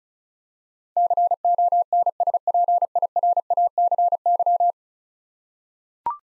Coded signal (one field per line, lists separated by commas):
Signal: Morse code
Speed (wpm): 36 wpm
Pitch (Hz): 700 Hz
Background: none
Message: CONSPIRACY